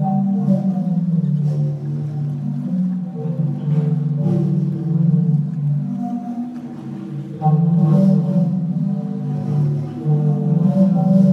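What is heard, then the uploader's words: The Sea Organ in Zadar sounds as a continuous chord of low, breathy pipe tones that swell and fade with the waves. Louder surges arrive around four and eight seconds, and faint splashes and hiss from the water drift over the droning notes. Sea Organ, Zadar, Croatia. By Mira Burt-Wintonick.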